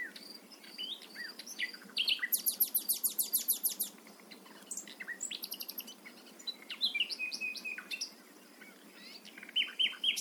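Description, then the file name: Common nightingale song with long runs of rapidly repeated hard notes, mixed with varied chirps and slurred whistles in several phrases. "Luscinia megarhynchos"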